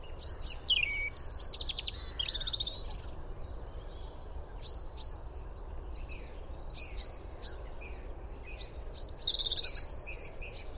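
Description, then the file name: European robin song: a burst of high sliding whistles and trills early, then faint repeated thin ticks, and another bright high phrase near the end, over low rumble. "Erithacus rubecula"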